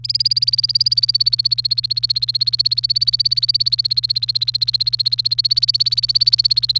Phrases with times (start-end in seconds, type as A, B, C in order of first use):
0.04-6.79 A